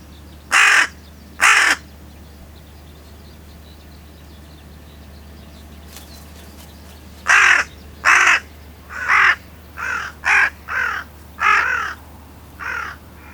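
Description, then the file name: Carrion crow giving harsh, raspy caws: two loud caws, a long quiet gap, then a run of several caws, some softer, ending with a weaker call. "Corvus corone"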